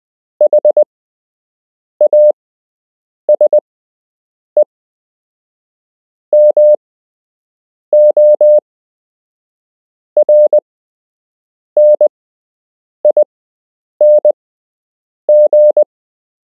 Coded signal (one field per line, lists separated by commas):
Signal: Morse code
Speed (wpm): 20 wpm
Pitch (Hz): 600 Hz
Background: none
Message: HASE MORNING